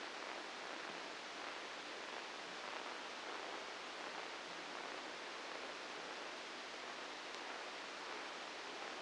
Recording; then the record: brain microelectrode recording played as sound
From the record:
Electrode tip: outside the subthalamic nucleus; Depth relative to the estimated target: 2 mm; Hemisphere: right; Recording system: NeuroSet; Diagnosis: Parkinson's disease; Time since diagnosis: 9 years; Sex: female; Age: 51 years